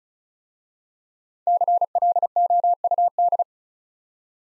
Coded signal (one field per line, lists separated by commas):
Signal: Morse code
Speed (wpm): 36 wpm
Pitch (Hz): 700 Hz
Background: none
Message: CLOUD